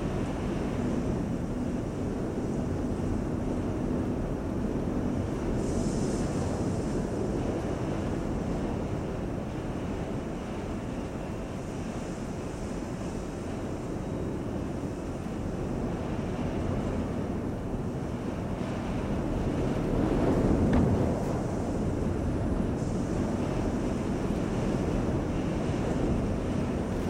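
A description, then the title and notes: A storm heard from inside a nearly closed cave entrance, a dense, steady roar of wind and rushing water that stays loud for the whole stretch. The sound is heavy and low, with a brief sharper swell and crackle near twenty seconds. The sound of one of Thelddin's overlapping storms from inside a nearly closed off cave entrance.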